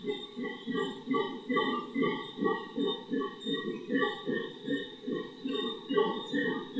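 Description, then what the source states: Howler monkeys roaring in a deep, throbbing chorus, pulses coming about twice a second, with steady higher buzzing and whistled tones running behind. Several howler monkeys in the Otún Quimbaya Sanctuary, Risaralda, Colombia, recorded in 2011.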